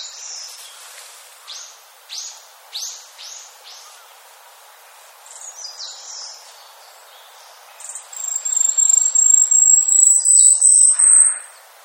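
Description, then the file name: Asian stubtail thin, high insect-like song: a series of short pulsed notes, a pause, then a long sibilant note rising slightly and swelling in loudness. "yabu"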